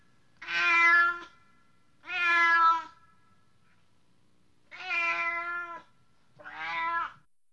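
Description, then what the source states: Cat meowing four times, loud, harsh and drawn-out, spaced irregularly, the last call shorter and wavering. Excited tom cat.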